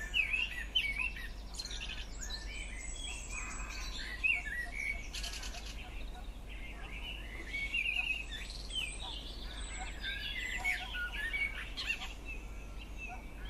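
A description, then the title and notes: A garden dawn chorus with many birds singing at once, overlapping whistles, trills and chirps layered densely and constantly throughout. Bright, fast phrases come from several directions over a steady low hum in the background. Recorded in my garden on Anglesey, Wales, the dawn chorus tuning up and getting into the groove as one after another join in this random symphony. Sounds made between 5am and 5.30am. Anglesey Dawn Chorus.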